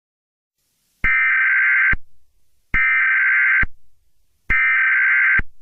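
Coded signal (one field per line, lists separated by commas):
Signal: Emergency Alert System (SAME) tones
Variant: header bursts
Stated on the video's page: Simulated EAS scenario, not a real alert.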